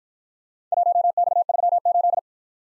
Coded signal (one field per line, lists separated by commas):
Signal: Morse code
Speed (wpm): 53 wpm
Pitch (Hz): 700 Hz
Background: none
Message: 1X38